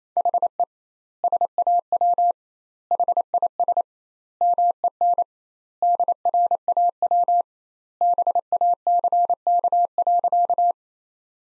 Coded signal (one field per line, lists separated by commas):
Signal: Morse code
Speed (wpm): 28 wpm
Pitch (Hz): 700 Hz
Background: none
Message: HE SAW HIS MEN DRAW BACK.